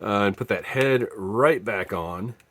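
Someone talks while handling the plastic head of a Dungeons & Dragons Honor Among Thieves Golden Archive Owlbear/Doric action figure, about to push it back onto its neck peg. Only speech is heard, fading to near silence at the end. Nothing has seated or clicked yet.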